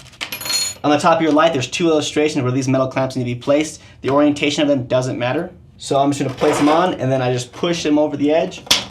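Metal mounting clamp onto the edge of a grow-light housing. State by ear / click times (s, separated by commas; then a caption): not seated / none. Metal mounting clamps are handled at the top edge of a grow-light housing, where two illustrations mark their placement, with brief metallic clinks near the start at 0.2 and 0.3 seconds. Someone talks throughout. The clamps are being placed and pushed over the edge, but nothing has seated or snapped into place yet.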